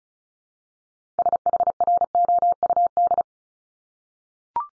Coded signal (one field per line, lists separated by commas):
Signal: Morse code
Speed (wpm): 36 wpm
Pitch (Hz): 700 Hz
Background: none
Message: SHROUD